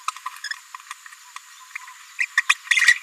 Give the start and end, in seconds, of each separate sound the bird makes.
0.08-0.10, 0.26-0.28, 0.90-0.93, 2.18-2.26, 2.37-2.42, 2.49-2.54, 2.67-2.98